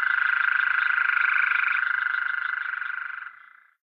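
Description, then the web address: Coastal plain toad giving a sustained, rapid buzzy trill lasting over three seconds, then fading out. North America. "Songs of Frogs Toads of North America. Coastal Plain Toad"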